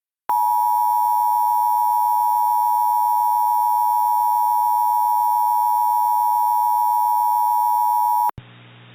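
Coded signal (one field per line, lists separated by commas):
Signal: Emergency Alert System (SAME) tones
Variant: 853 and 960 Hz attention tone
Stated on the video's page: Mock reenactment of a Severe Thunderstorm Warning with valid EAS tones on a DASDEC-style screen.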